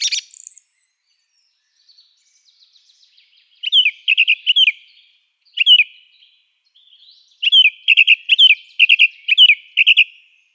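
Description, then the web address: Song thrush song: a brief squeaky note, then a clear phrase repeated several times in quick succession, and after a pause the same phrase repeated again. "Schulze Peter Song Thrush song"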